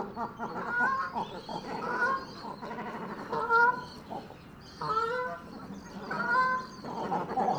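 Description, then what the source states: Great cormorant calls: harsh, throaty croaks with strong harmonics in repeated bursts, with other guttural grunts beneath. Birds arriving at a roost.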